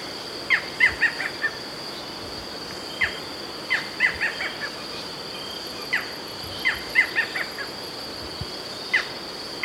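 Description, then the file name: Barred Forest Falcon repeating sharp barking notes, alone or in short runs, with a persistent high drone throughout. "Micrastur ruficollis - Barred Forest Falcon"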